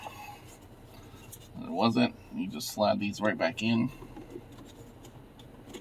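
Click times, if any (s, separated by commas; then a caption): none. Someone talks while handling a plastic dash trim panel, sliding it back into the dashboard of a 2016 Jeep Wrangler Unlimited during a Pioneer AVH-W4500NEX install, after checking the area behind it for obstructions. Only quiet handling noise and speech are heard. Nothing has seated or clicked yet; the panel is not yet home.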